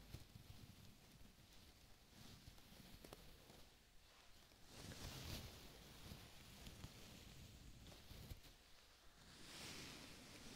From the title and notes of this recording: ASMR Pure Relaxation Head and Scalp Massage.